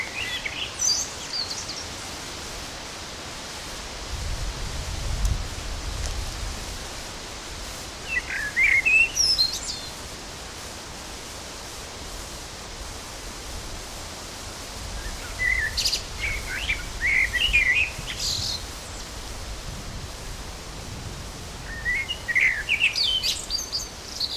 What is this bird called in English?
Common Blackbird